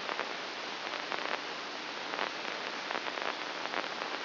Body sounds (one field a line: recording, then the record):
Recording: brain microelectrode recording played as sound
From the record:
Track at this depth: inside the subthalamic nucleus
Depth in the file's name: 2.604 mm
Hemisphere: right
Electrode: 2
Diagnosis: Parkinson's disease